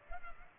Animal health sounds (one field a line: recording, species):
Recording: mosquito wingbeat signal from an infrared sensor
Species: Culex pipiens